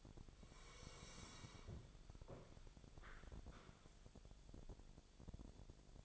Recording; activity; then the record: daily activity, microphone in the room; sit down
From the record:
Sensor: 5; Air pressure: 1000.5 hPa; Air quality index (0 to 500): 145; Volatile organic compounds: 2 ppm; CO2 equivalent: 1123 ppm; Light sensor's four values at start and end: 44/102/42/44 and 44/102/42/44